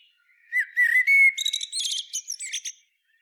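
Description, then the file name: Eurasian blackbird singing a single phrase: a low fluted warble, then a rapid run of thin, high squeaky twitters. "Turdus merula"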